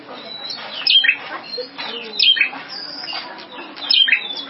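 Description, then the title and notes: Prinia song, sharp high chirps given in three loud bursts about every one and a half seconds, with softer twittering between them. Complete song including the trilling style locally called ngerol. "Suara Kicau Burung Prenjak Lengkap dan Ngerol"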